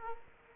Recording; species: mosquito wingbeat signal from an infrared sensor; Aedes aegypti